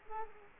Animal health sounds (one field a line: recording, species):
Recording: mosquito wingbeat signal from an infrared sensor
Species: Culex quinquefasciatus